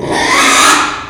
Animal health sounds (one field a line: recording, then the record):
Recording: squeal of a Yucatan mini pig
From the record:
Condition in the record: after surgery on the right vocal fold (resection and tissue-engineered implant)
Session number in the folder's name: 3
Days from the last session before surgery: 33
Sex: male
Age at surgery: 12 weeks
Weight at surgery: 13 kg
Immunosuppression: cyclosporine, prednisolone